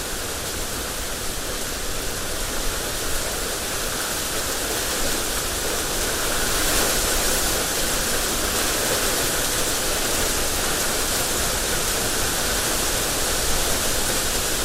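Steady, dense rain hisses throughout, bright and even, swelling slightly louder around the middle and holding there to the end.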